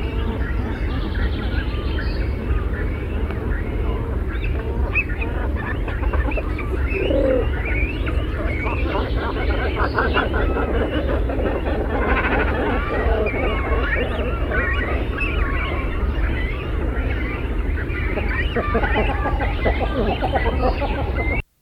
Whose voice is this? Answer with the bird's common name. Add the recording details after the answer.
Great Cormorant. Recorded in the wild. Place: Niederhof, Insel Rügen, Mecklenburg-Vorpommern, DE. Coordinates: 54.256, 13.194. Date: 1970-06-05. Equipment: Nagra III BH, Sennheiser MD 21, parabola. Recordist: Schubert, Michael